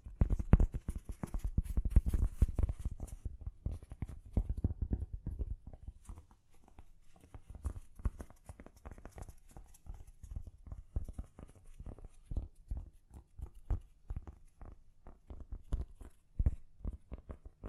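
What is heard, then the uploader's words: Gentle tapping goes on throughout, in quick, uneven bursts of soft knocks. For the first six seconds the taps are denser and carry a low, dull thump; after that they thin into lighter, more scattered clicks with brief pauses, and an occasional sharper tap stands out. ASMR Gently Tapping You to Sleep (No Talking).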